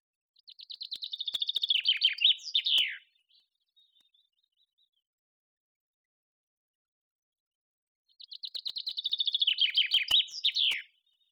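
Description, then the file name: Common chaffinch song delivered twice. Rapid chirps accelerate and slide downward into a flourish, followed by a long quiet pause before the same phrase returns. "Fringilla coelebs"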